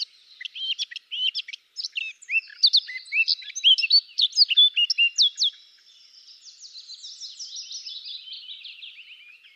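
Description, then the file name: Eurasian blackcap song with quick, jumbled warbling notes building into loud clear phrases, then a softer rasping chatter trailing off. "Sylvia atricapilla"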